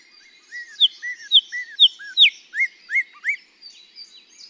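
Northern Cardinal song, a series of about eight clear whistled slurred notes, some rising and some falling, delivered at a steady moderate pace.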